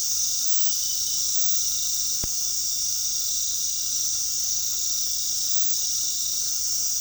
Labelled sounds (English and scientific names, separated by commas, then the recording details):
none
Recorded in pastures near Puerto Asís, Putumayo, Colombia, on 21 February 2024 at 21:30
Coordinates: 0.468, -76.328
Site G6414